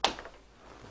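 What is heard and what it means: A small metal trim ring that came with a new door knob is pushed onto the knob mounting on the door. It snaps on with one sharp, bright click at 0.0 s, followed by two much fainter ticks near 0.2 and 0.3 s, then near silence. The ring is seated.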